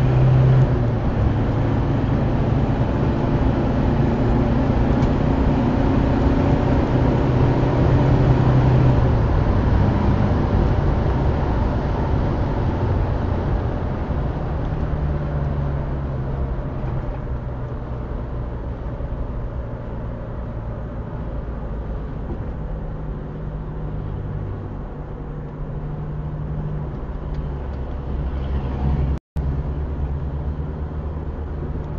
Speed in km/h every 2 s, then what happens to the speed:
154, 161, 170, 178, 183, 182, 166, 137, 115, 108, 104, 93, 83, 79, 79, 80.
0-7 speeds up to 183. 10-25 brakes to 79. 25-32 steady at about 79.